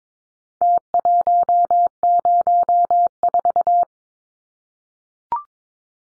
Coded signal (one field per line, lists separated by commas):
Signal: Morse code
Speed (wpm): 22 wpm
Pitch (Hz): 700 Hz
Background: none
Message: T104